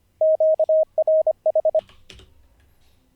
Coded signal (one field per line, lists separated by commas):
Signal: Morse code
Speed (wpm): 25 wpm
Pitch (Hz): 630 Hz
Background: radio noise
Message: QRH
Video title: How to Learn Morse Code (Day 45)